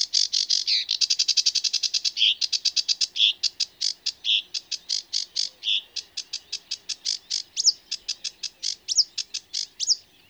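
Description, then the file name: Sedge warbler singing a rapid, harsh chattering stream, grating churrs mixed with brief sharp whistled notes, delivered in a fast, uneven rhythm. "Rietzanger"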